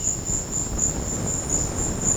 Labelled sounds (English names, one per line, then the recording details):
none
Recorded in secondary vegetation near Puerto Asís, Putumayo, Colombia, on 19 March 2025 at 15:30
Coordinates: 0.484, -76.319
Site G010